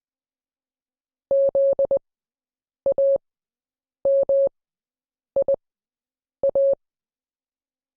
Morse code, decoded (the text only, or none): ZAMIA